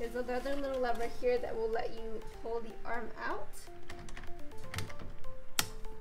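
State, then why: Seated. Someone talks while releasing a small lever and pulling the adjustable arm of a Tonal wall-mounted cable gym out from its frame, with a few light knocks as it moves. A sharp, loud click at 5.6 s marks the arm locking into position in the cable machine frame.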